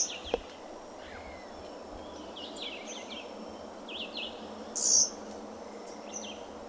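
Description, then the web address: Violaceous euphonia song of quick twittering chips, with one loud high burst at about five seconds. "Euphonia violacea. صدای-پرنده-خوشخوان-بنفش-گون"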